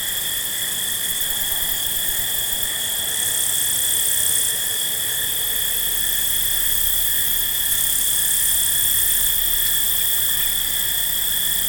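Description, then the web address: Field crickets sing in an unbroken, shrill trilling chorus, several steady pitched tones layered over a bright hiss. Several field crickets at night. "Dr Sound Effects. Field Crickets At Night"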